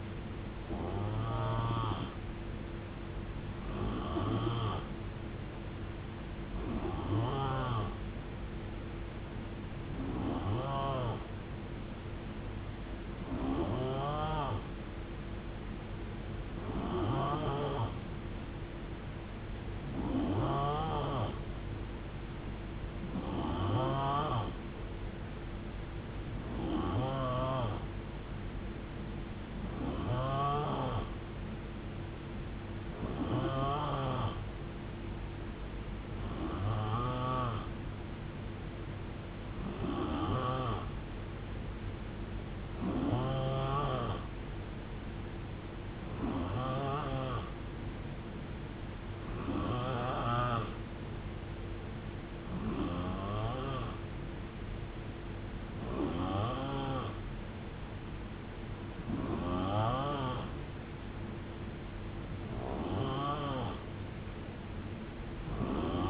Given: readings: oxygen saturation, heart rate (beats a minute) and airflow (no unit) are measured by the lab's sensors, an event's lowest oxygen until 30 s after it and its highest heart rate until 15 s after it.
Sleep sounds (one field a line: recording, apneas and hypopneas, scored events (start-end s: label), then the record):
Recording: breathing in sleep by a voice recorder at the bedside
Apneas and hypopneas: none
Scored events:
none scored
From the record:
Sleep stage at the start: N3 (deep sleep)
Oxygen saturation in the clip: 88 to 92%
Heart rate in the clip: 58 to 78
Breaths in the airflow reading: 20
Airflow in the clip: -8.3 to 4.7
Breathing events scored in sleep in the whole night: 389 in 6.3 hours asleep